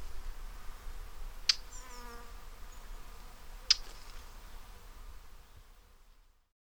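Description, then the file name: Eurasian blackcap giving two hard, dry tack notes about two seconds apart, with faint thin chirps from other birds between them over a soft hiss. "Sylvia atricapilla"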